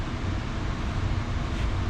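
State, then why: Not seated. A click-type torque wrench tightens an engine bolt, heard as a steady low rumble and broadband noise with no sharp transients. The wrench has not clicked yet, so the bolt still needs more tightening.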